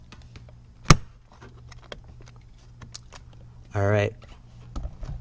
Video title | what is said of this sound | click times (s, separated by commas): Cabin Air Filter INSTALL/2015-17 Subaru WRX | you hear that click that means your cabin air filters should be seated correctly alright | 0.9 s